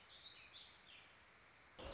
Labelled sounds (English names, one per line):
Warbling Vireo